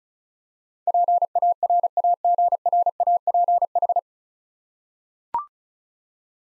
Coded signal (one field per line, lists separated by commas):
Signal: Morse code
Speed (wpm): 36 wpm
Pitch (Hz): 700 Hz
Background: none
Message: PARAGRAPH